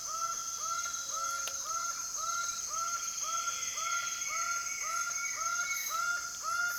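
Laughing falcon repeating rich nasal call notes in a regular rhythm, a single click near the start, and a continuous high insect buzz throughout.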